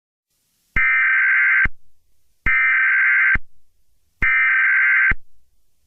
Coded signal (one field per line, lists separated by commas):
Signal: Emergency Alert System (SAME) tones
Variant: header bursts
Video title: EAS SCENARIO 7| Slenderman